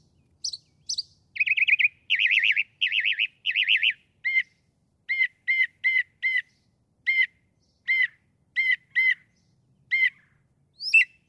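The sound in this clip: Northern mockingbird song: two high chirps, then several buzzy trilled phrases, followed by spaced, repeated sharp notes.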